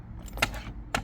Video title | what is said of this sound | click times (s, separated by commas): 🔥 PACKOUT vs STACKTECH Compared StackTech Rolling Drawer Packout Rolling Drawer | you know, you just drop it and it locks in place. | 1.0 s